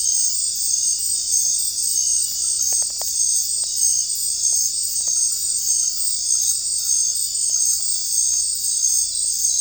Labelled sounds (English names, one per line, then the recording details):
none
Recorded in secondary vegetation near Puerto Asís, Putumayo, Colombia, on 16 December 2024 at 20:00
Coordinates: 0.481, -76.318
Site G042